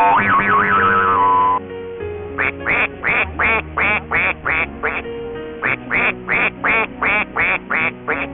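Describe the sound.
Animal quacking calls, a rapid run of nasal, duck-like quacks repeated about three times per second after a brief springy boing at the start.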